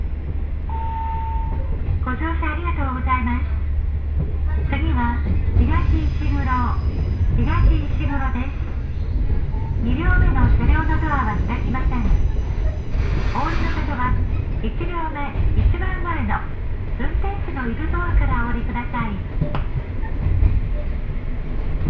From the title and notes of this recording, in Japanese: 耳で楽しむ鉄道旅 城端線 油田→城端。城端線の終点城端駅は山がすぐ近くまで迫ってきており、その先には五箇山が控えているいわゆる行き止まりらしさが残る駅です。途中の砺波駅あたりまでは地元民の乗り降りが多く、そこから先は秋の乗り放題切符を持った人たちばかりと思われます。昔ながらの塗装の気動車が2両のんびりと走っていきます。